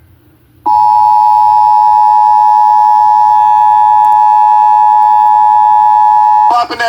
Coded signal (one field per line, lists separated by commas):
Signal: Emergency Alert System (SAME) tones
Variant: 853 and 960 Hz attention tone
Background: speech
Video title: New Jersey Required Monthly Test on WFPG, WENJ and WKVP (EAS #883-885)